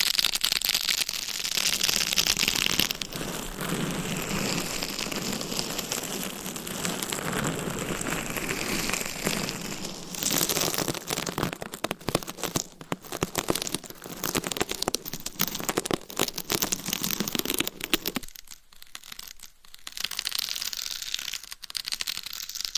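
Scratching and tapping, a dense, continuous rasping texture, bright and hissy, with a crinkly, tearing quality. It stays busy for the first ten seconds, then breaks into choppier bursts and separate taps, thinning out around 18–20 seconds before the scratching picks up again.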